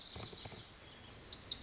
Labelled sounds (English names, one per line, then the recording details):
Lazuli Bunting
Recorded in Sonoma County, California